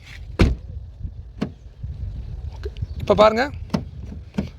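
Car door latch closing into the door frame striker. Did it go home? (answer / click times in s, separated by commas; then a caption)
yes / 0.4 s. With the door handle and lock held pulled, a Maruti car door is slammed shut so its latch closes into the door frame striker and locks, then the lock is released, as a simple way to stop the car alarm. A loud thud-click at 0.4 s marks the door latching locked, followed by several softer knocks and clicks while someone talks. The door is shut and locked.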